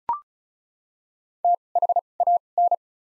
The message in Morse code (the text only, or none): T H A N